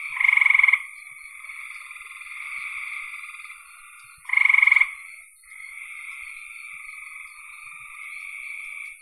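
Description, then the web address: Frogs calling, a long buzzy trill broken by two louder harsh bursts about four seconds apart, with a faint high hiss throughout. "cn frogs"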